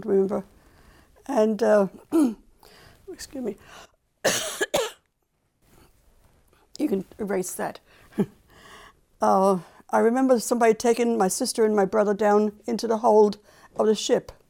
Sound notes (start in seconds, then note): 4.2 she coughs; 8.1 she chuckles